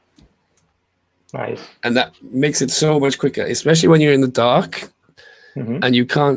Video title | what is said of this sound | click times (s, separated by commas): Milky Way Photography Class | that means it so clicks into place every 36 degrees right | 0.6 s